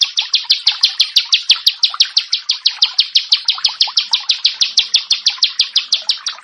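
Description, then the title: Prinia pouring out quick, harsh, buzzy high notes, about three each second, in an unbroken series. "Ciblek Sawah 1"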